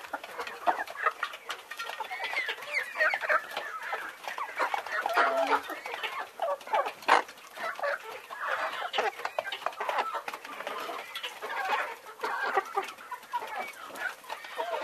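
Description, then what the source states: Chickens clucking and chattering, many overlapping short clucks and squawks continuing throughout. Laying hens.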